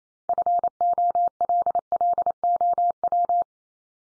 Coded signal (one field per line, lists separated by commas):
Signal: Morse code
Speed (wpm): 28 wpm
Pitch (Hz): 700 Hz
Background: none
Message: FOLLOW